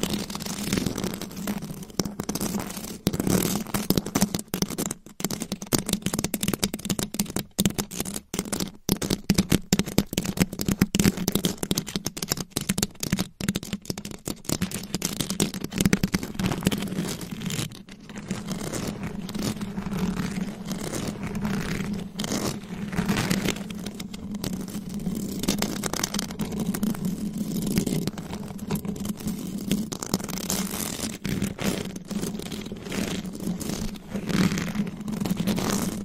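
Scratching with claws across a microphone, a dense, busy rasping that runs the full length without pause. A steady low hum sits underneath throughout, and the scratching comes in rapid, irregular strokes, briefly thinning out around the eighteen-second mark before picking up again.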